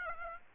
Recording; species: mosquito wingbeat signal from an infrared sensor; Aedes aegypti